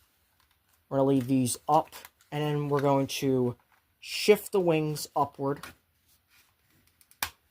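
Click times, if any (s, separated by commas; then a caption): 7.2 s. Someone talks while transforming a plastic Transformers War For Cybertron Siege Commander Class Jetfire action figure, shifting its wings upward into the body joint. A few faint ticks lead to a sharp, loud snap at 7.2 s as the wings lock into place.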